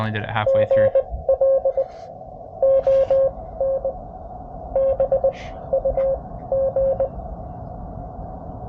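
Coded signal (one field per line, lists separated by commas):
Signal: Morse code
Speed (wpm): 22 wpm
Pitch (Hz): 540 Hz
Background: speech, radio noise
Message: GLONBUG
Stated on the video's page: CW POTA activation keyed with straight key, bug (Vibroplex Champion) and paddle.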